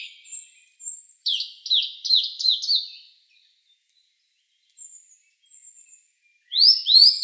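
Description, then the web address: Blue-and-white flycatcher singing a bright, high whistled phrase of quick slurred notes, a pause with a few soft chirps, then a rising whistled phrase begins at the end. Recorded 1 May 2015. "birdenaga ooruri"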